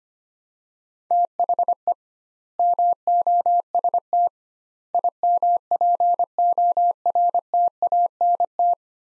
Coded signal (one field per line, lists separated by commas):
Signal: Morse code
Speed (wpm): 25 wpm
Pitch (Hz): 700 Hz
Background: none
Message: THE MOST IMPORTANT